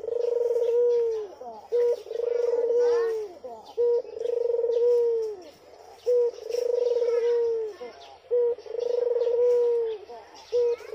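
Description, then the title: Barbary dove repeating its call about five times: a short coo, then a long rolling purr that drops at the end. Thin chirps and twitters from other birds are mixed in. White Barbary dove; training (masteran) song for songbirds. "Kicau Mania Masteran Burung Puter Putih ORIGINAL"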